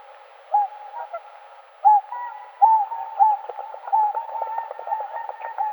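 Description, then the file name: Whooper swan uttering drawn-out, horn-like notes, at first spaced apart, then running together into denser calling. "Pticy Rossii - Lebed-klikun Cygnus cygnus"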